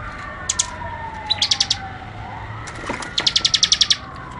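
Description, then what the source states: Bar-winged prinia rapid song, brief bursts of quick high notes, then a longer steady trill, with a siren in the background. Ngebren style: rapid song of the ciblek.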